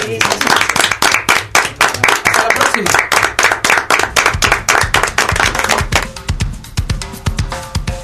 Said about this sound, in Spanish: Yo los invito a que nos despidamos aplaudiéndonos todos aquí.